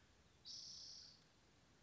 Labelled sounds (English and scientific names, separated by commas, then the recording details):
Spotted Towhee (Pipilo maculatus)
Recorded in Sonoma County, California